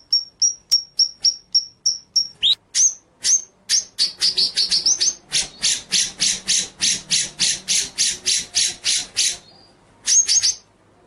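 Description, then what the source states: White-rumped shama song: a series of short, high whistled notes about every third of a second, then a long run of harsh, rattling pulses, and a final whistled note. Masteran (training) track of white-rumped shama song, delivered in full 'ngerol' (rolling) and 'nembak' (shooting) style.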